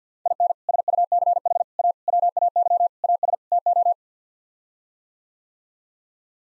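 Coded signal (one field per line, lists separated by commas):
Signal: Morse code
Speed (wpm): 50 wpm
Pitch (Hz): 700 Hz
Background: none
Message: IN SUCH A WAY AS TO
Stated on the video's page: Head-copy practice: sets of six-word common phrases sent in Morse at 50 wpm, each sent, spoken, then sent again.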